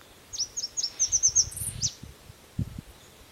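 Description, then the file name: Red warbler giving a brisk series of high, clipped whistled notes ending in a higher squeak, with a few low thumps in the background. "Canto do mariquita vermelha"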